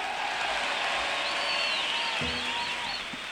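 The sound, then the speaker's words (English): An audience applauds in a dense, steady wash of clapping that holds at an even level throughout, with a few high, wavering whistles rising above it. “I'd like to share that round of applause with some gentlemen that have been working hard up here.”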